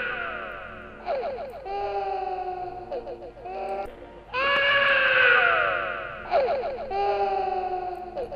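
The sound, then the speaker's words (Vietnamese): An eerie little boy's voice laughing and crying in the rain at a window, in repeated wavering bursts, the high pitch sliding up and down in a moaning wail, with a louder sustained cry in the middle. “Những cái tiếng cười và tiếng khóc nghe rợn người lắm.”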